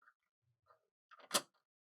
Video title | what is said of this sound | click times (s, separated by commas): Tim Holtz Trimmer reviews + paper trimmer pros & cons | okay that did not actually click in because it just kind of popped out | none